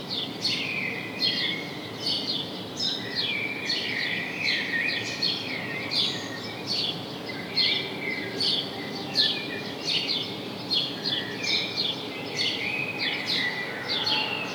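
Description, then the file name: House sparrow calls: a busy run of sharp chirps, about one to two a second, over constant background noise. "Passer domesticus"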